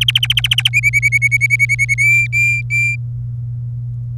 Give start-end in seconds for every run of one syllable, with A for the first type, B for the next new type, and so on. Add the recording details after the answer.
0.01-0.69 A, 0.73-1.94 B, 1.98-2.96 C. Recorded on 26 April 2018 at 17:51. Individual llb3